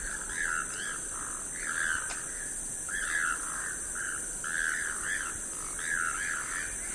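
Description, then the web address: Choco toucan call series: grating, croaky notes, often paired, repeated roughly every second, set against a continuous high insect drone. "sound choco-toucan. صدای-پرنده-توکان-چوکو"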